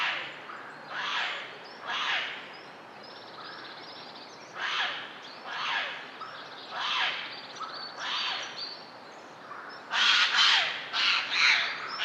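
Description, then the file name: Eurasian jay giving harsh, rasping screeches at irregular intervals, several calls then a louder cluster near the end, over steady background hiss. "Garrulus glandarius"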